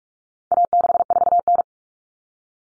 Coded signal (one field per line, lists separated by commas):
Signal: Morse code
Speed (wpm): 44 wpm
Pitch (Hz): 700 Hz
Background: none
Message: A64N